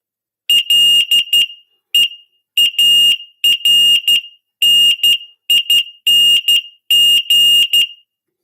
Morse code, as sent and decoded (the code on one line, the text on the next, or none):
.-.. . .- .-. -. .. -. --.
LEARNING